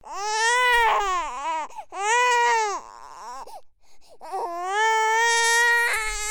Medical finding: Baby Crying.